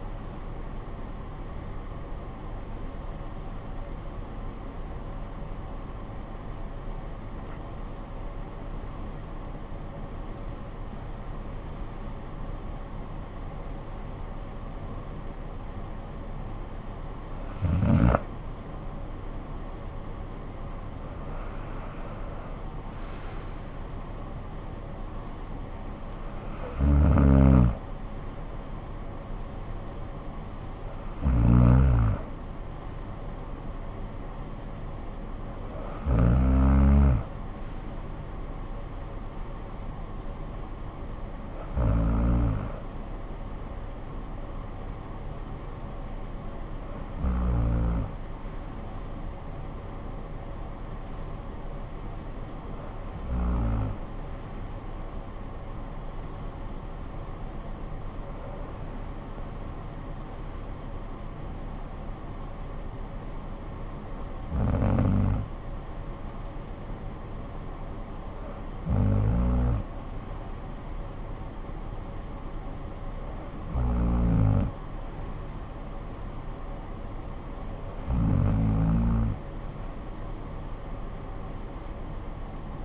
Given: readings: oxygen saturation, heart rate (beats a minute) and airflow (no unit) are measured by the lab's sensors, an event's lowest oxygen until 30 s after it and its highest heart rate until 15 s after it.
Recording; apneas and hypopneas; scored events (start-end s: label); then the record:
breathing in sleep by a smartphone at the bedside; 1
0.00-4.00 s: awake
1.00-61.00 s: new sleep stage, N1 (lightest sleep)
8.00-19.40 s: hypopnea (N1, oxygen 96% highest, then 91% lowest, heart rate 57 at the start, 57 highest)
61.00-82.85 s: new sleep stage, N2 (light sleep)
From the record:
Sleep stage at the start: awake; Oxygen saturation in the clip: 91 to 98%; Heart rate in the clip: 48 to 62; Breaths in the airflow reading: 15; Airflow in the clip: -15.8 to 10.9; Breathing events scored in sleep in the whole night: 445 in 7.6 hours asleep